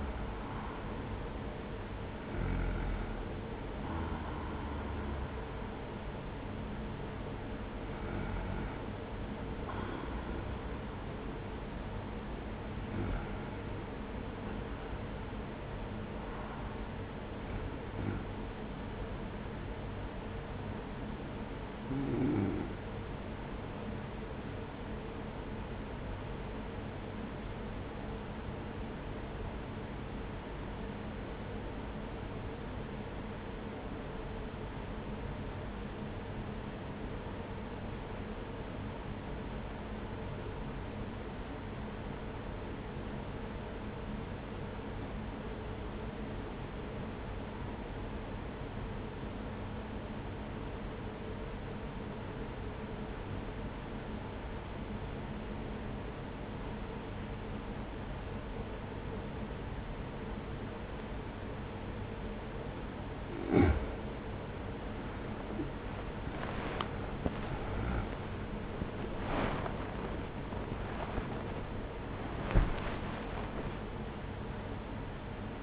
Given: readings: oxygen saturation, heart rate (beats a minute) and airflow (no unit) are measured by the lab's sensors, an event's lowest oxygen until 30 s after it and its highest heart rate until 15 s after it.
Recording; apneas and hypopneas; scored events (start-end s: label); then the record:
breathing in sleep by a voice recorder at the bedside; 1
26.00-64.30 s: obstructive apnea (N1, oxygen 97% highest, then 85% lowest, heart rate 46 at the start, 75 highest)
28.00-58.00 s: new sleep stage, N2 (light sleep)
58.00-75.63 s: new sleep stage, awake
65.00-75.63 s: awake
From the record:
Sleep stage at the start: N1 (lightest sleep); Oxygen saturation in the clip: 83 to 97%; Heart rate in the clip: 42 to 75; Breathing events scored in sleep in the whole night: 210 in 6.9 hours asleep